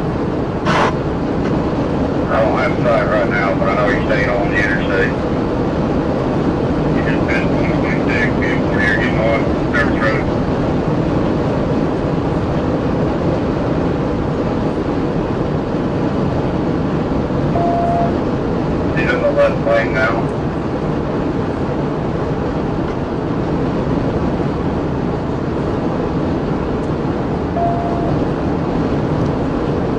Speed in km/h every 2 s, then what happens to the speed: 212, 214, 214, 216, 219, 219, 219, 214, 214, 214, 216, 216, 216, 216, 219.
0-30 steady at about 216.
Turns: none.